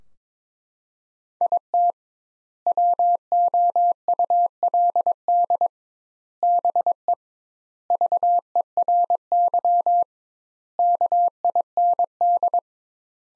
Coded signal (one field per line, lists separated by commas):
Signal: Morse code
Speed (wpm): 22 wpm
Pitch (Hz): 700 Hz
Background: none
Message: IT WOULD BE VERY KIND